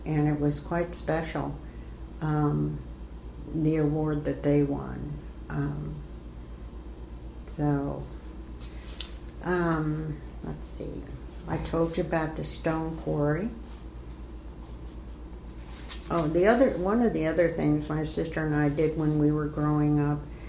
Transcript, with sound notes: It was quite special, the award that they won. Let's see, [Shuffles through notes] I told you about the stone quarry, one of the other things my sister and I did when we were growing up,